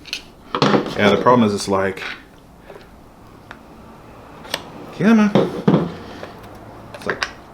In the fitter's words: oh there we go i heard it click there we go there it is